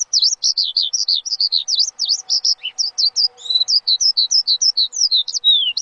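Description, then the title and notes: Bird song, rapid high V-shaped whistled notes in a fast series, a few lower dips and falling slurs mixed in. Bird chirping meant for training (mastering) pet birds. "Suara Burung. Suara Kicauan Burung untuk memaster burung kesayangan"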